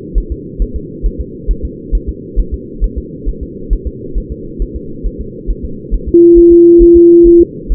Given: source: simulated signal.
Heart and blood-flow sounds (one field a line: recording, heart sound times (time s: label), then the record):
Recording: fetal heart sounds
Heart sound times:
0.18 s: S1
0.32 s: S2
0.62 s: S1
0.76 s: S2
1.06 s: S1
1.20 s: S2
1.51 s: S1
1.65 s: S2
1.95 s: S1
2.09 s: S2
2.39 s: S1
2.54 s: S2
2.84 s: S1
2.98 s: S2
3.29 s: S1
3.43 s: S2
3.73 s: S1
3.87 s: S2
4.18 s: S1
4.32 s: S2
4.62 s: S1
4.76 s: S2
5.06 s: S1
5.21 s: S2
5.50 s: S1
5.65 s: S2
5.94 s: S1
6.09 s: S2
6.38 s: S1
6.52 s: S2
6.82 s: S1
6.96 s: S2
7.27 s: S1
7.41 s: S2
7.72 s: S1
From the record:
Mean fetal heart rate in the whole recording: 135 bpm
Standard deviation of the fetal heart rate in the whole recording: 3 bpm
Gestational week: 36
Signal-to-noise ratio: -4.3 dB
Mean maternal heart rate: 72 bpm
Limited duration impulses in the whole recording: present